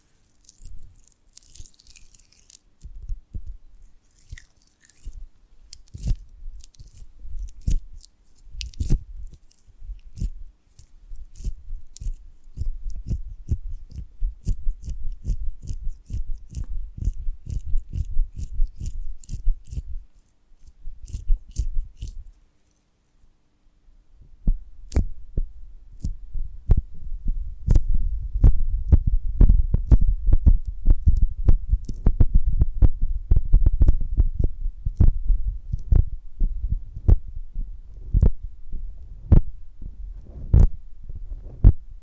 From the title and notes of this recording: ASMR of a Honeycomb on Branch (No Talking).